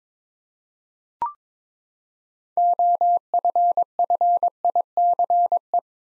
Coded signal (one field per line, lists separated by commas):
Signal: Morse code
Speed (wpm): 22 wpm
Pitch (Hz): 700 Hz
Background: none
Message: OFFICE